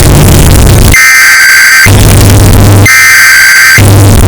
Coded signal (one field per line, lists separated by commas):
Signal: Emergency Alert System (SAME) tones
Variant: header bursts